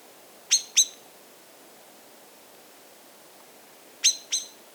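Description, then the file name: Common blackbird call, two pairs of crisp clicking notes separated by about three seconds of quiet. "Turdus merula"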